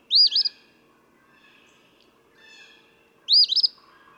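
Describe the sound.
Eastern phoebe with two loud buzzy phrases about three seconds apart, fainter sounds in between.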